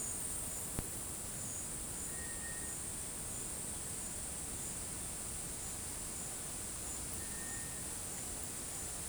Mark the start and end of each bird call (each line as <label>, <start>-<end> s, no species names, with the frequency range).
bird call (1.3-2.4 kHz), 2.10-2.74 s
bird call (1.5-2.3 kHz), 7.10-7.81 s